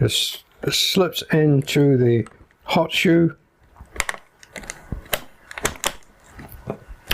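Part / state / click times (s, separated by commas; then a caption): flash unit foot into camera hot shoe / seated / 7.1 s. Someone talks, then a compact Godox IT32 flash unit is slid into the hot shoe of a Panasonic bridge camera and its mounting foot is locked. Several small plastic and metal clicks are heard from about 4.0 s, and the foot locks into the hot shoe with a final click at 7.1 s, fully seated.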